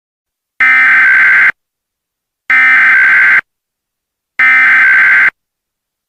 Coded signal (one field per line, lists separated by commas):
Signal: Emergency Alert System (SAME) tones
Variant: header bursts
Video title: EAS MOCK 25 AMBER ALERT FOR NEW YORK